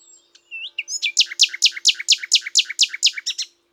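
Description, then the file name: Common nightingale song: a few soft whistles lead into a loud, even series of many repeated sharp chirps, with a faint low steady hum beneath. "Luscinia megarhynchos"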